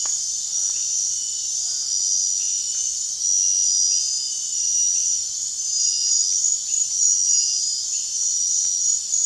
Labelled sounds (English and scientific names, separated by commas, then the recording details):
none
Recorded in dense forest near Puerto Asís, Putumayo, Colombia, on 29 June 2025 at 22:30
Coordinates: 0.466, -76.327
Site GP04